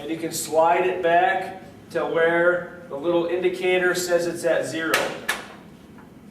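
Someone talks while handling the miter table on a sliding miter saw, with the miter release button pushed in and the saw table being slid back toward the zero indicator, where it should drop into its detent and lock. Nothing has seated or clicked yet; the clip ends just before the table goes home.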